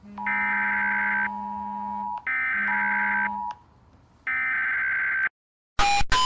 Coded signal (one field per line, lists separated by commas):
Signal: Emergency Alert System (SAME) tones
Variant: header bursts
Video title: Rating eas alarms by how scary they are part 10